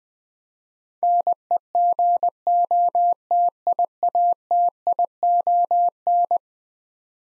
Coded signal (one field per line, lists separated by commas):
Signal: Morse code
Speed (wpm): 20 wpm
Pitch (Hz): 700 Hz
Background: none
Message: NEGOTIATION